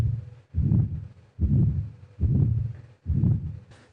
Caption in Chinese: 小儿心脏杂音。 依稀也能辨认出好像是有两声，但是有点模糊混在一起的感觉。 它是在 我们两个心音当中，就痛特当中，你听到个呜呜呜，这是很不正常的。 这个呢是因为先天心脏病它往往在里面会有一些畸形，比如说狭窄，或者是有一个孔， 或者是瓣膜断裂产生的这样一些声音。